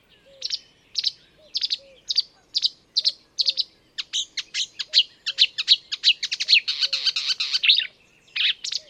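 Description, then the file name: Marsh warbler singing in short chirpy bursts that build into a dense, scratchy warble with rapid trills, over a soft low repeated note. "enekes nadiposzata hangja"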